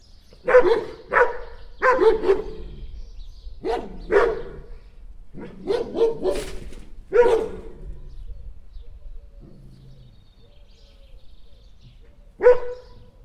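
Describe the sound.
Dogs barking in clustered bursts of two or three sharp woofs, pauses between groups, a brief low rumble near the end, then one final loud bark.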